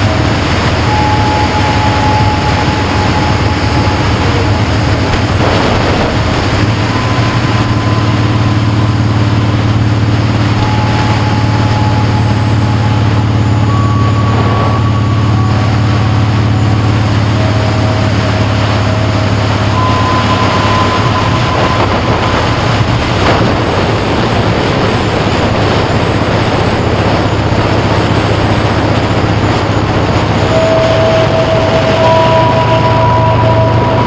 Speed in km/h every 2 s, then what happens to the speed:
66, 64, 63, 64, 64, 66, 63, 60, 60, 56, 60, 53, 50, 53, 45, 44, 37.
0-13 steady at about 64. 13-17 slows to 56. 17-26 steady at about 53. 26-34 slows to 37.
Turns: 23-34.